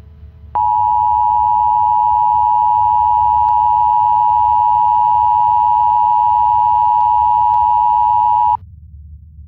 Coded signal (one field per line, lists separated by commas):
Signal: Emergency Alert System (SAME) tones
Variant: 853 and 960 Hz attention tone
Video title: EAS Scenario: Alien's invade the Twin Cities